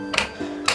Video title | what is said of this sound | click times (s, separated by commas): Je rénove ma maison de 1983 🏠 - Bienvenue dans mes WC 😅 - Déco – DIY – Galères | Pourquoi ça se clipse pas? | none